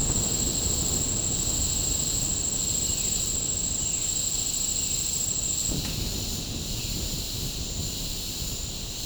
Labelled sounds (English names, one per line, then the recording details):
none
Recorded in pastures near Puerto Asís, Putumayo, Colombia, on 18 December 2024 at 09:00
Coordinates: 0.496, -76.326
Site G004